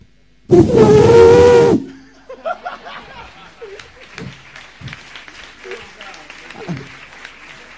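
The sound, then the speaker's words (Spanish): A person imitates an elephant's trumpet with one loud, brassy blast of about a second, as a preview for a talent night, followed by scattered laughter and chatter from a small group. “Quiero que haga el elefante.”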